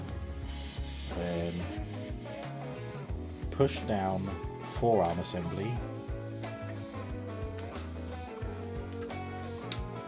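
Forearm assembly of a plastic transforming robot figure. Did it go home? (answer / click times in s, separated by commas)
yes / 9.7 s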